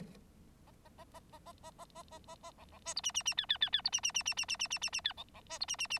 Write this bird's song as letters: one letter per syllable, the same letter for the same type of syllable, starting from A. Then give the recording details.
A A A A A A A A A A A A B B C D E E E F F F F D E E E E E E E E E E F B B C D E E E. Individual Bird9